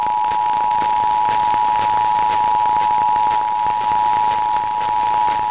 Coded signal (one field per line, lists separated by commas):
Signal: Emergency Alert System (SAME) tones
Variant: 853 and 960 Hz attention tone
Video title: Albany NY Required Monthly Test (8/9/22)